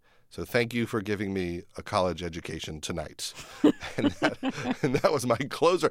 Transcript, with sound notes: so thank you for giving me a college education tonight.
(LAUGHTER)
And that was my closer.